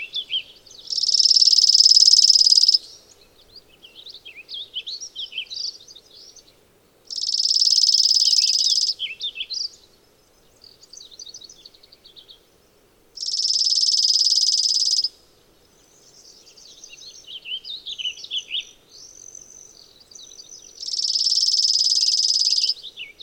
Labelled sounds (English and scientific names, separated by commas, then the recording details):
Chipping Sparrow (Spizella passerina) song
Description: Chipping Sparrow song recorded on the Cow Creek Trail in Rocky Mountain National Park
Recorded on 15 June 2015